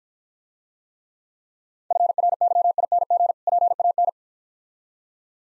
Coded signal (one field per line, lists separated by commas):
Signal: Morse code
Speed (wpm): 48 wpm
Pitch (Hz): 700 Hz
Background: none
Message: FRYING PAN